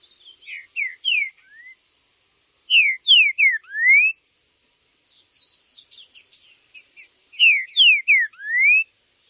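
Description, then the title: Green-winged saltator repeating a phrase of three or four falling whistles closed by a rising slur, heard three times, with soft chatter and steady high hum between. Birds chirping, singing and calling territorially ('macheando') in a contest ('disputa'); meant to rouse a kept saltator into singing. "Seu TRINCA Piando, Cantando E Macheando Na DISPUTA. TRINCA FERRO Cantando e MACHEANDO!!"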